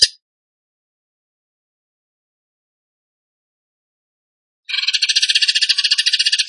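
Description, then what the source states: Bird song ending in a burst of about two seconds of fast, buzzy repeated notes after a long silence. Masteran training recording; song in the tembakan gacor style.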